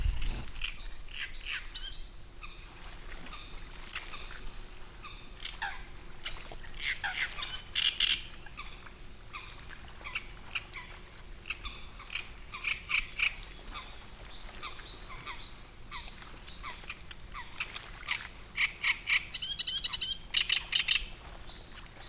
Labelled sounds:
Great Reed Warbler (Acrocephalus arundinaceus)

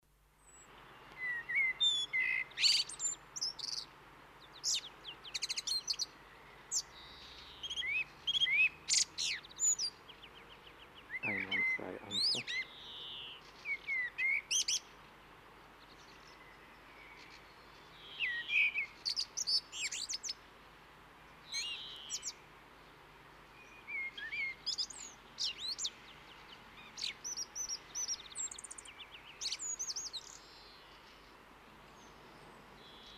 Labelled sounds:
Common Blackbird (Turdus merula) song

